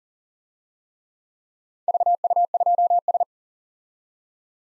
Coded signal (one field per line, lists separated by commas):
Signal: Morse code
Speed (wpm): 36 wpm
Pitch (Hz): 700 Hz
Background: none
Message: VU2S